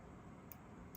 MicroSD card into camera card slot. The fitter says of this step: อ่าพอถึงล็อคมันจะมีเสียงล็อคแบบนี้นะครับหลังจากนั้นก็เสียบลูกยางนะครับแล้วก็